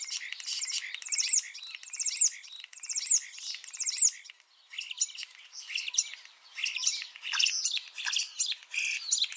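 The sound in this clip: Common starling chatter: dense, grating, high-pitched notes pouring out with little pause, with a brief break midway before the rapid chatter resumes.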